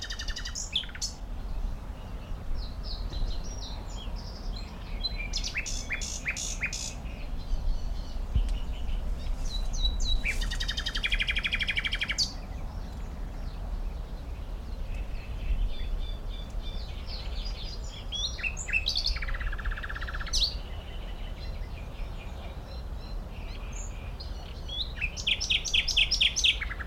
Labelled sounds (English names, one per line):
Great Reed Warbler